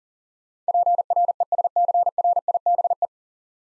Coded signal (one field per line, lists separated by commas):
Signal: Morse code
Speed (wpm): 37 wpm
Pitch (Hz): 700 Hz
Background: none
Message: PRESCRIBE